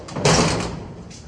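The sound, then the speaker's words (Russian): A locker door swings open with a sudden rattling metallic clatter that fades into a short, scraping rustle; no voices are heard. “Вот ее ящик.”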